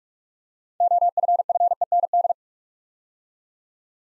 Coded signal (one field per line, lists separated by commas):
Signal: Morse code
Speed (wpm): 44 wpm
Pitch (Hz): 700 Hz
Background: none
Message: OFFEND